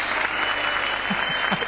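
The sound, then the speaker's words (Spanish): Steady applause from a group, a dense, even crackle of many hands clapping at once, fairly loud and sustained throughout with no pauses. “Los aplausos.”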